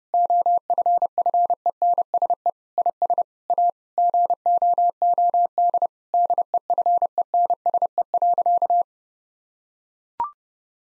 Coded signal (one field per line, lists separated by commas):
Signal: Morse code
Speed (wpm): 30 wpm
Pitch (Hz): 700 Hz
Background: none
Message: OFFENSE IS A GOOD DEFENSE.